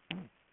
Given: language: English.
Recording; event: throat vibration sensor signal played as sound; throat clearing